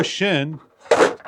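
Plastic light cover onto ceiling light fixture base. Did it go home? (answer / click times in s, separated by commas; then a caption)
yes / 0.9 s. The plastic diffuser cover of an LED flush-mount ceiling light is placed on the fixture base and pushed in while someone talks. A single sharp knock at 0.9 s marks the cover snapping and locking into place.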